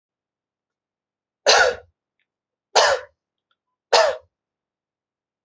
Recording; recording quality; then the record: heavy voluntary cough; excellent, no background noise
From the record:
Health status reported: exposed to COVID-19, no respiratory illness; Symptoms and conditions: none ticked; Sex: male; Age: 29 years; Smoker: not ticked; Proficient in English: yes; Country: India